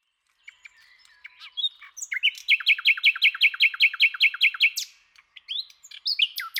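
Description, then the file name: Common nightingale delivering a strong, regular series of rapidly repeated rich notes, framed by brief scratchy and whistled notes. "Luscinia megarhynchos"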